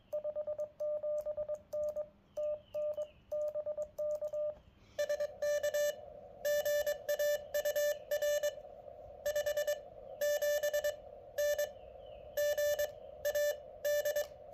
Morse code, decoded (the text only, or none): 57N TN BK SK GA UR 57N GA D